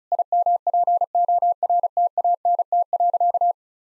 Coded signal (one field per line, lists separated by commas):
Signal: Morse code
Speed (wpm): 36 wpm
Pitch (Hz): 700 Hz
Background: none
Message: IMPORTANT.